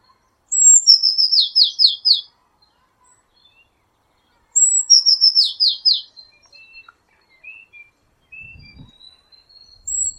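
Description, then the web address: Eurasian blue tit giving two calls about four seconds apart, each a sharp high note leading into a fast descending buzzy trill; faint soft chirps follow the second. "cianscape birddata Deverinetal 2025 File origin Bird Only Cy Ca"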